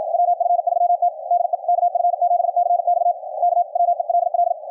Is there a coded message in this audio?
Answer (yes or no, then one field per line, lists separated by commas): yes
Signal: Morse code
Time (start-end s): 0.1-4.5 s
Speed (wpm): 53 wpm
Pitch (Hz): 700 Hz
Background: radio noise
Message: WF3T DE KF7CX K WELL